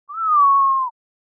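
Montezuma quail giving a single pure whistled note, rising briefly then drifting slowly downward, lasting under a second, with total silence around it.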